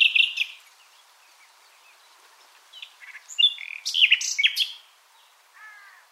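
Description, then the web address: Common nightingale song in short, varied fragments: a bright burst of notes, then scattered chirps and whistles with quiet spaces between. "SETE Luscinia megarhynchos"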